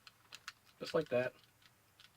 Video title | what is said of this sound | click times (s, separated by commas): Gourai Changer/Navy Thunder Morpher review | right back into place but yeah it just snaps right in there just like | 0.3 s, 0.5 s